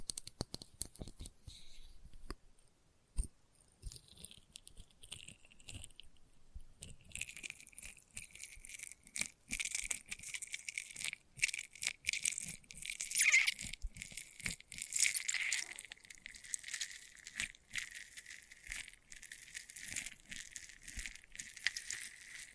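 Experimental triggers in test tubes: crisp crackling and rattling taps, sparse and quiet for the first seven seconds with a few sharp clicks. After that the sound thickens into a dense, bright fizzing crinkle with a steady high ring, continuing busily to the end.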